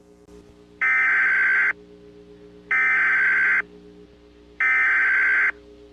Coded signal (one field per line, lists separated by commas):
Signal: Emergency Alert System (SAME) tones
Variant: header bursts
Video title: RAINS OF DESOLATION: EAS SCENARIO/ANALOG HORROR